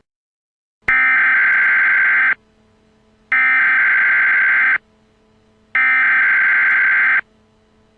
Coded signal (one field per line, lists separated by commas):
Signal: Emergency Alert System (SAME) tones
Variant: header bursts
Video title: EAS Scenario | The Creature.